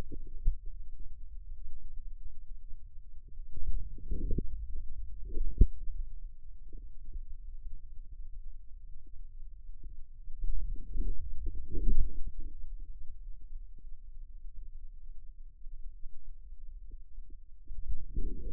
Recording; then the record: forearm muscle sounds (acoustic myography)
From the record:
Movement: outward rotation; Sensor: system 2, bracelet of six BSWA MPA416 microphones around the upper forearm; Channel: 6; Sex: male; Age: 22 years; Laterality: right